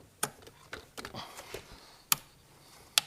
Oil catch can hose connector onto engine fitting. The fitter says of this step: should hear a good click when you plug it in alright